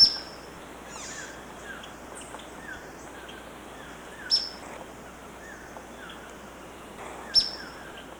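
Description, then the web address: Ornate flycatcher calls: three brief, piercing high notes a few seconds apart, with faint repeated downslurred chirps in the background. Recorded in Ecuador. "S America Birds of Ecuador. Ornate Flycatcher"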